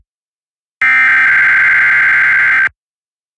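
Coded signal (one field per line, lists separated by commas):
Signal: Emergency Alert System (SAME) tones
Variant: header bursts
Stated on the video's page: Weekly tests; the station products are recreations credited to another producer.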